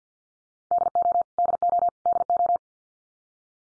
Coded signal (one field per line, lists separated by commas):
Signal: Morse code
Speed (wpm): 50 wpm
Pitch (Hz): 700 Hz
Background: none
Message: DO DO DO